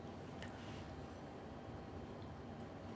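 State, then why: Not seated. A catheter end is being handled to fit onto a tunneler. A steady low background hum is heard with one brief sharp tick near 0.4 s. Nothing has seated or snapped onto the tunneler yet.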